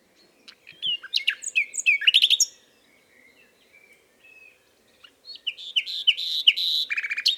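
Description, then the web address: Common nightingale song, two varied phrases of sweeping whistles and rapid repeated notes separated by a quiet gap with faint soft notes. "SETE data Luscinia megarhynchos"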